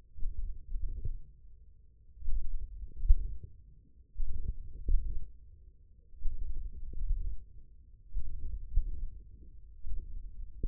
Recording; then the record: forearm muscle sounds (acoustic myography)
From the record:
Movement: wrist extension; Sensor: system 1, eight BSWA MPA416 microphones around the upper forearm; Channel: 7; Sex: male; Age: 20 years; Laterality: left